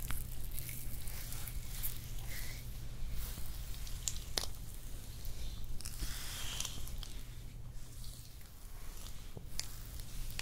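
Hand massage and nail care sounds: soft squishing and rubbing over a steady low hum, with quiet scratchy brushing throughout. Brief sharp clicks or taps land around 1, 4.5, 6 and 9.5 seconds, and a short swishing stroke rises near 6.5 seconds.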